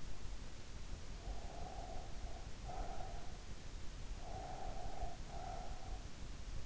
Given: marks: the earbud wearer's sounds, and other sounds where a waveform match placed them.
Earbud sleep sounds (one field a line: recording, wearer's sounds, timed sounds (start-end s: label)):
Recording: sounds in sleep by an in-ear microphone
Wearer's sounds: breath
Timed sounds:
1.19-3.40 s: breath
4.14-6.13 s: breath